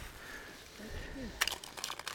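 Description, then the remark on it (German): Soft crinkling and rustling of material made by a woman starts partway through as a burst of crackly, irregular bursts, following a faint murmur of voice, all fairly quiet. “Hör mal auf, da so raschel, raschel, Frau.”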